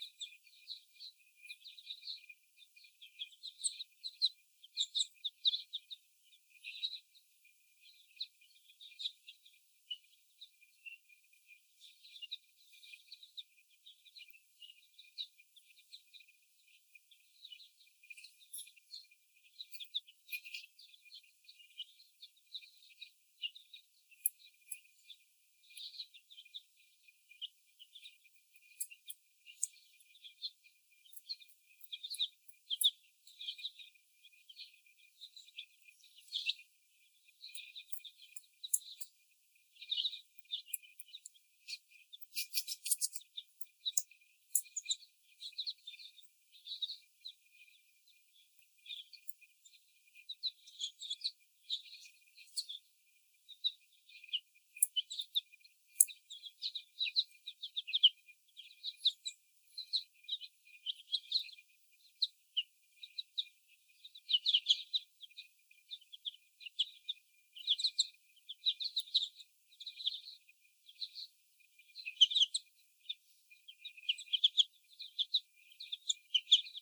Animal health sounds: young laying hens in a cage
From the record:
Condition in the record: before the stressor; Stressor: sudden umbrella opening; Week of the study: 1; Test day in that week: 1

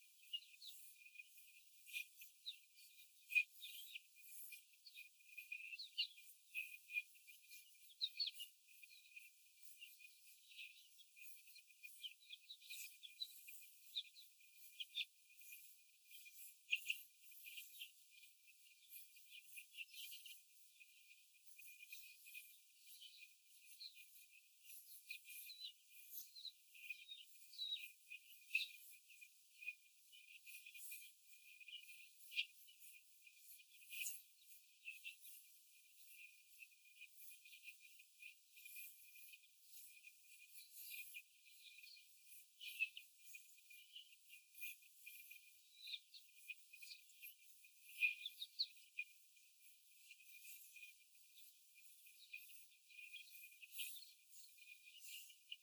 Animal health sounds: young laying hens in a cage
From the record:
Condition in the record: after the stressor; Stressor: simulated dog barking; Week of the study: 4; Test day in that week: 1

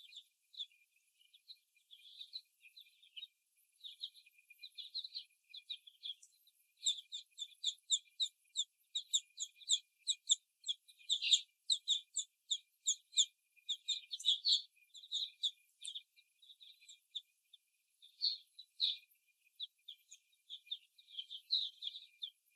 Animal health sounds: young laying hens in a cage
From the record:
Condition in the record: before the stressor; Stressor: simulated dog barking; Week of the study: 1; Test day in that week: 1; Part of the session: 1

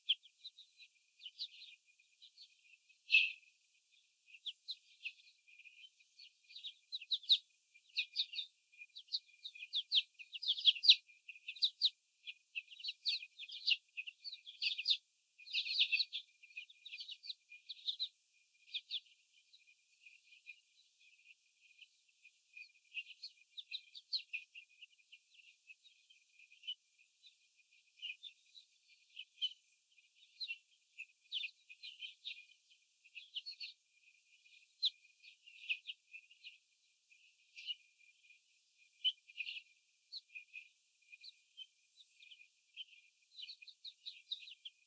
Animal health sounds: young laying hens in a cage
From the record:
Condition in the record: after the stressor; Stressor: sudden umbrella opening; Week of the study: 3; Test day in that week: 2

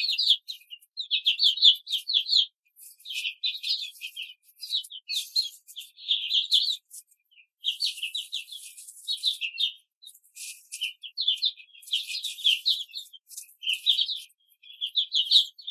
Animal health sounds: young laying hens in a cage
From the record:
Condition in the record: control cage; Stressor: none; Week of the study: 5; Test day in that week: 1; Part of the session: 3

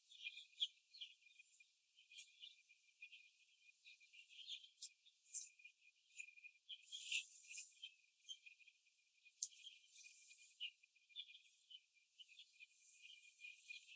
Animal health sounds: young laying hens in a cage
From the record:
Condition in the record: after the stressor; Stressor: simulated dog barking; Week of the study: 2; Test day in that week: 2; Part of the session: 3

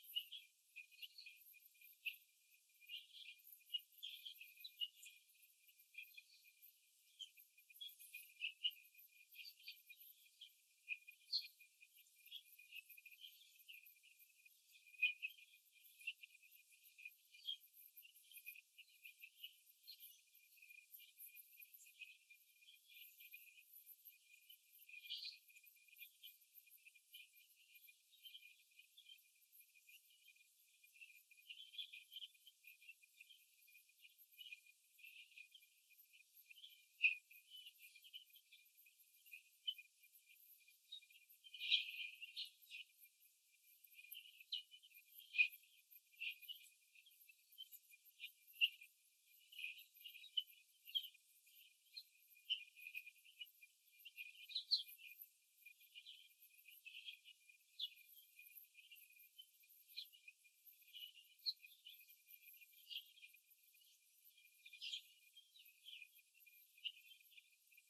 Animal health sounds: young laying hens in a cage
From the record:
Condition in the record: before the stressor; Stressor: simulated dog barking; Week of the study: 2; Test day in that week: 3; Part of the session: 4

